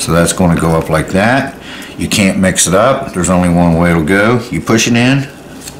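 Someone talks while pushing a plastic brush head onto the drive of a kHelfer rechargeable electric grout brush with a built-in battery, fitting it the only way it will go. Handling sounds are heard under the speech. The head has not yet been turned to lock, and nothing has seated or clicked by the end of the clip.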